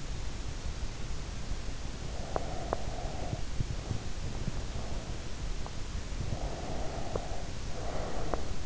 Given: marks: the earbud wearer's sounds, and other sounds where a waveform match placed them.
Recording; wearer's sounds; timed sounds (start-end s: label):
sounds in sleep by an in-ear microphone; breath, teeth grinding
2.08-3.64 s: breath
2.27-2.90 s: teeth grinding
6.27-8.66 s: breath